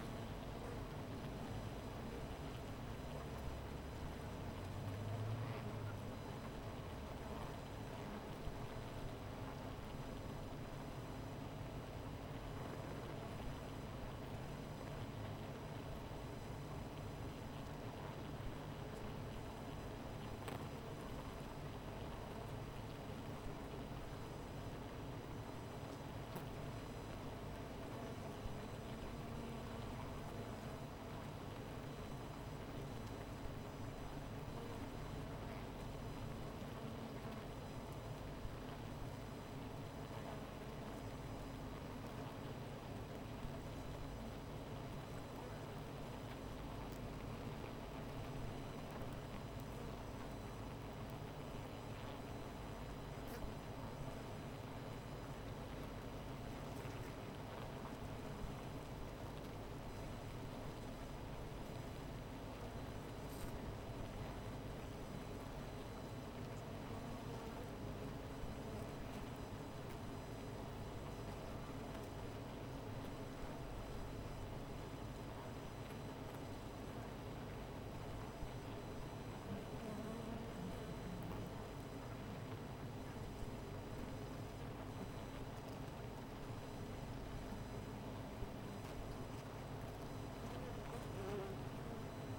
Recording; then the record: honeybee colony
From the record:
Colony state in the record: missing queen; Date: 14 July 2017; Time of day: 17:20